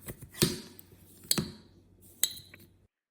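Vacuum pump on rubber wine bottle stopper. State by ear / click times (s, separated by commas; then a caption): torque reached / 2.2 s. A Vacu Vin Wine Saver hand vacuum pump is worked on a rubber stopper in an opened wine bottle, with sharp strokes heard around 0.4 s and 1.3 s. At 2.2 s the pump's built-in valve gives its little click, showing the set vacuum is reached and the wine is sealed, ready to sit.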